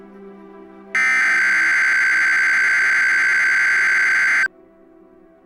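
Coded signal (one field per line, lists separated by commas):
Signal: Emergency Alert System (SAME) tones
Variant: header bursts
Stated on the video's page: Fictional tornado scenario using valid EAS tones.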